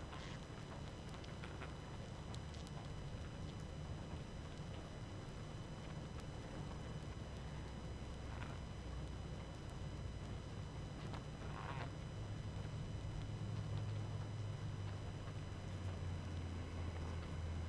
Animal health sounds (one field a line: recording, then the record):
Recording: honeybee colony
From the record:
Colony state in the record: active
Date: 12 June 2018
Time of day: 21:14